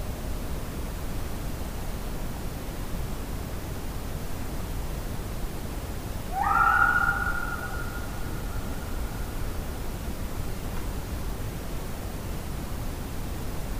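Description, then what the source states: Coyote howl: a single short tonal cry near the middle, briefly sliding up then holding steady before fading, over a constant background hiss. Howl recorded on 26 July 2009.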